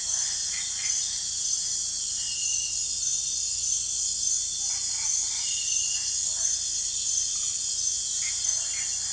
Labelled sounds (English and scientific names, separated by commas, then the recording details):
none
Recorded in pastures near Puerto Asís, Putumayo, Colombia, on 16 December 2024 at 22:30
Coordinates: 0.466, -76.322
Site G040